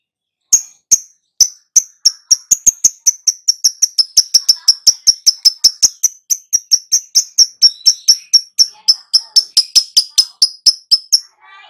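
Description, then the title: Lovebird in a long chattering run of sharp, high, ticking notes, delivered steadily and rapidly for over ten seconds. Recording used as a lure (pancingan) to prompt a lovebird to respond and sing vigorously (gacor). "Pancingan Lovebird Agar Nyaut GACOR."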